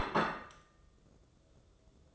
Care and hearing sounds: daily activity, microphone in the room; place plate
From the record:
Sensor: 3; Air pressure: 995.3 hPa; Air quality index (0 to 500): 77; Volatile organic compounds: 5 ppm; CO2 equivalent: 1804 ppm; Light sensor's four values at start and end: 14/42/18/15 and 14/42/18/15

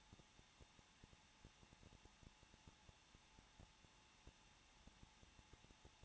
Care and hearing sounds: daily activity, microphone in the room; no activity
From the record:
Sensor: 1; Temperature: 20.0 degrees Celsius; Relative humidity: 39.5%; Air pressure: 1006.4 hPa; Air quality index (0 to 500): 219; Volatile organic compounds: 83 ppm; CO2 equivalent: 3629 ppm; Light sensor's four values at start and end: 1/2/1/1 and 1/2/1/1

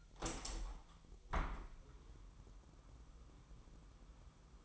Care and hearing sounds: daily activity, microphone in the room; open window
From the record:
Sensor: 1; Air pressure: 1000.3 hPa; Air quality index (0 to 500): 246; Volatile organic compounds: 138 ppm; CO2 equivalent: 3967 ppm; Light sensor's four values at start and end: 10/25/10/11 and 11/27/11/12

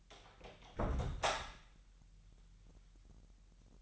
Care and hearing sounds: daily activity, microphone in the room; close door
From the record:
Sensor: 3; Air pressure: 998.4 hPa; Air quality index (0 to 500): 140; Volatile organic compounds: 4 ppm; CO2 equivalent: 1669 ppm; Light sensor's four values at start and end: 16/47/19/18 and 16/47/19/18

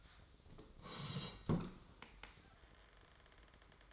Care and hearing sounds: daily activity, microphone in the room; sit down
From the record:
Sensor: 3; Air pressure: 1005.1 hPa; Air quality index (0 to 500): 93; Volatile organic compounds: 3 ppm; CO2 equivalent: 1455 ppm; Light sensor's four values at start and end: 9/22/9/9 and 10/22/9/9

